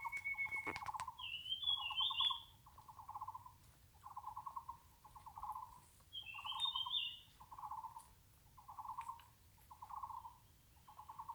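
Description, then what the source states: Taiwan barbet uttering a steady series of low trilled notes roughly once a second, while another bird adds brief higher squeaky calls twice. Taiwan barbets calling in the mountains; the recordist notes barbets are relatively few here.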